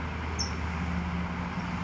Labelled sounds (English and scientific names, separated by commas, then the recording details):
California Towhee (Melozone crissalis)
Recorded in Sonoma County, California